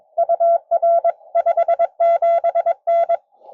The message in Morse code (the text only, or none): UR 57N